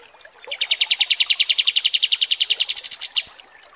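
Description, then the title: Kapas tembak song: a quick run of repeated chirped notes that jumps higher for a final brief flourish. Masteran (tutor song) for training cage birds, described as mewah (luxurious). "Masteran Kapas Tembak Mewah"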